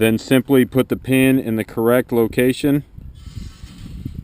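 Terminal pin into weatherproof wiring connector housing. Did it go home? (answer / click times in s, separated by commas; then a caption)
no / none. Someone talks for about the first 2.8 seconds, then faint, low handling sounds follow as a crimped terminal pin is positioned at its cavity in a plastic weatherproof wiring connector housing. The pin is not yet home: nothing has seated or locked yet.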